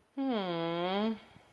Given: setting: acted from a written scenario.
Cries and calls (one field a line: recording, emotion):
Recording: vocal sound without words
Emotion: embarrassment